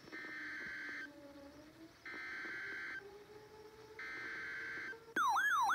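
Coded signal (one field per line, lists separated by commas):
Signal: Emergency Alert System (SAME) tones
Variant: header bursts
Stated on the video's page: EAS scenario tones from another creator, played to self-activate a RadioShack 12-996 weather radio.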